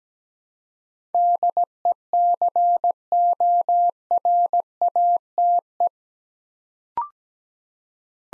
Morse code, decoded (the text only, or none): DECORATE